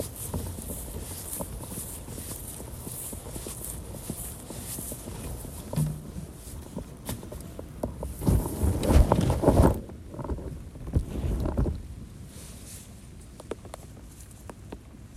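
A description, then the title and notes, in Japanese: Holes are made and sweet potato seedlings planted: irregular soft thuds and scuffs in soil, with louder scraping bursts around eight to twelve seconds. 季節最後のサツマイモ苗を採り、畑に定植します。録音のスマホは傘の下に置いておき、隣の畑に苗取りへ。その後、定植する畑に戻り、穴を開けサツマイモ苗をさしていきます。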